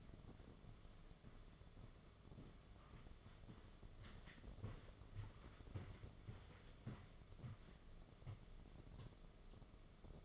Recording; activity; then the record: daily activity, microphone in the room; walk to room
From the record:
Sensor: 4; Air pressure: 1011.2 hPa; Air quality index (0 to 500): 136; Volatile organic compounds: 3 ppm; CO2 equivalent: 1392 ppm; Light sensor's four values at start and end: 176/459/197/206 and 145/378/162/168